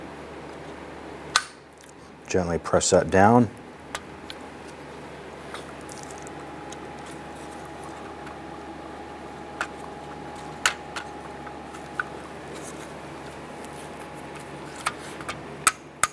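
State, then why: Not seated. A transmission conductor plate from a 2005-2010 Chrysler 300 is handled and gently pressed down toward the guide pin on the valve body while someone talks over a steady low hum. Sharp short ticks and snaps come through at intervals across the clip. The plate has not seated or clicked into place yet.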